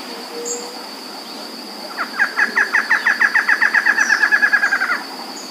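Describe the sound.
Bird call: a fast, even series of about twenty sharp, down-slurred notes lasting three seconds, over a steady high whine and faint background hiss.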